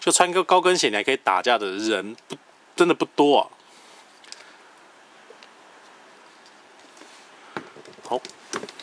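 Someone talks, then a plastic Banpresto Glitter & Glamours Sailor Mars (Rei Hino) prize figure is handled as its foot is fitted onto the display base peg, with light plastic taps and clacks near 4.3, 5.4, 7.6 and 8.6–8.8 seconds. Nothing has seated or clicked yet when the sound ends; the figure later feels wobbly on the stand even once fully clipped on.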